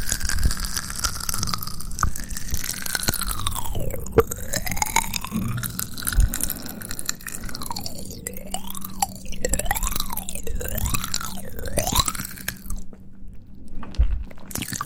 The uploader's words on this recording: ASMR Mouth Sounds and Hand Sounds.